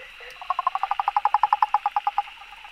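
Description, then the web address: Frog call, a fast run of many evenly spaced pulsed croaks lasting under two seconds, against a constant high insect hum. Recorded 15 June 2013. "frog rec 20130615"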